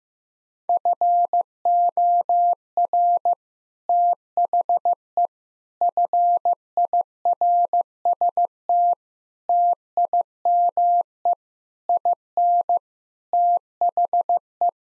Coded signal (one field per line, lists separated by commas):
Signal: Morse code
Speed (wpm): 15 wpm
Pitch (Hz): 700 Hz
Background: none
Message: FOR THE FIRST TIME IN THE